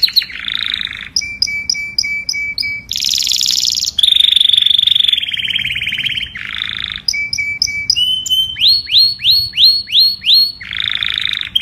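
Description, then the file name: Domestic canary song mixing buzzy harsh bursts, steady rapid trills and runs of repeated sweeping whistles, changing pattern every second or two. "Tieng chim hoang yen hot"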